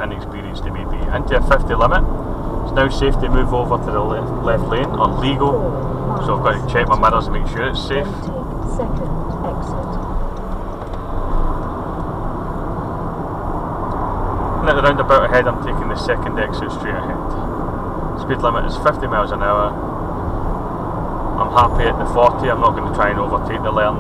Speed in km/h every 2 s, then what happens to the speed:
42, 44, 48, 47, 48, 48, 55, 60, 61, 61, 58, 56.
0-3 speeds up to 48. 3-10 steady at about 48. 10-16 speeds up to 61. 16-24 steady at about 58.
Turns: none.